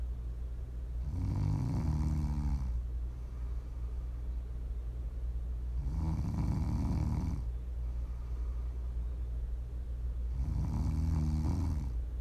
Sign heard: Prime ASMR snoring.